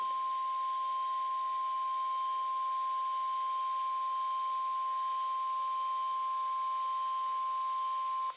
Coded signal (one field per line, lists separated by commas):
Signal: Emergency Alert System (SAME) tones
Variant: 1050 Hz attention tone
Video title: EAS 1215 WXM33 RWT